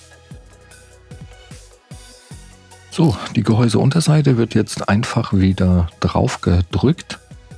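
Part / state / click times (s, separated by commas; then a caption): plastic bottom cover into laptop chassis clips / not seated / none. The plastic bottom cover of a Lenovo ThinkPad E490 laptop is being pressed back down onto the chassis to latch its clips. Music plays while someone talks, with a few soft knocks early on around 0.7, 1.1 and 1.9 seconds. Nothing has seated or clicked into place yet.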